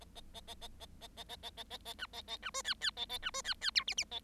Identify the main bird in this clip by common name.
Bengalese Finch